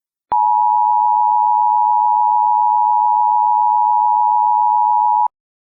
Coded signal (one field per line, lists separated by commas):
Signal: Emergency Alert System (SAME) tones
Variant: 853 and 960 Hz attention tone